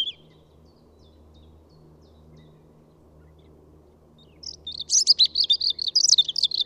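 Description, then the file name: European robin song: after several seconds of near silence, a high, rapid phrase of thin warbled and trilled notes runs for about two seconds at the end. "Pettirosso"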